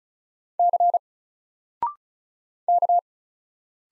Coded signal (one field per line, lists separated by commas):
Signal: Morse code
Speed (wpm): 36 wpm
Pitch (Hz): 700 Hz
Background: none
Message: C K